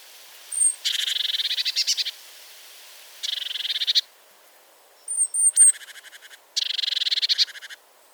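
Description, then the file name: Eurasian blue tit churr: buzzy rattling bursts with high, thin, slurred whistles just before two of them, with short silent gaps between. "Cyanistes caeruleus"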